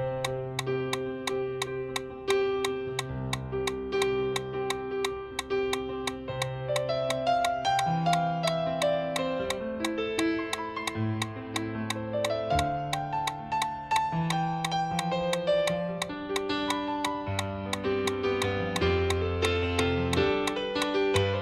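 A steady, fast metronome click ticks at 175 beats per minute over music with sustained low bass notes and a gliding melody line.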